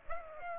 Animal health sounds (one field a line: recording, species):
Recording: mosquito wingbeat signal from an infrared sensor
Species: Aedes aegypti